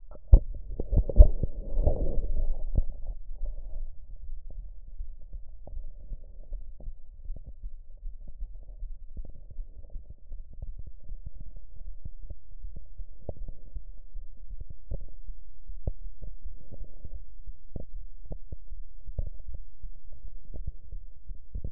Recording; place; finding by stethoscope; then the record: heart sounds by stethoscope; aortic valve (AV); normal heart sounds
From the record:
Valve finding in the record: aortic regurgitation, grade 0, sclerotic aortic valve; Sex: female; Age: 57 years